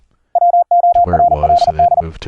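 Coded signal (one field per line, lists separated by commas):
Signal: Morse code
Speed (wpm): 40 wpm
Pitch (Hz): 700 Hz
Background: speech, radio noise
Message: WORLD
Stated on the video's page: Morse QSO over the internet, sent with ASIO straight key, iambic paddle and CW keyboard software, with audio routed through Mumble.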